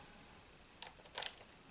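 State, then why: Not seated. A plastic dummy water pump is handled and pressed against the front of a scale model engine block. A few faint, sharp plastic ticks are heard, one at about 0.8 s and a quick cluster around 1.2 s, over a low steady background. Nothing has seated or clicked into place yet.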